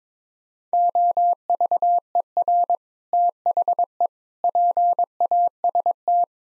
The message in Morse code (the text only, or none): OVER THE PAST